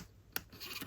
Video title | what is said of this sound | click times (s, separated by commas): Free Pattern: Knit a Pocket Heart | Two clicks and two clicks on | 0.4 s